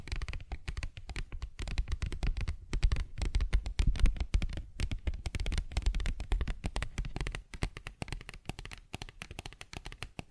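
Paper bag tapped and scratched in dense, rapid, irregular clicks and crackles, with brief pauses near two and a half and nine seconds.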